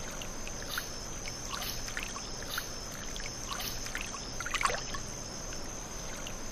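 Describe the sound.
Crickets keep up a continuous high-pitched drone while irregular taps and a low rumbling noise run underneath.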